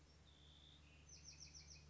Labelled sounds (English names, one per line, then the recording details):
Bewick's Wren
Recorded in Sonoma County, California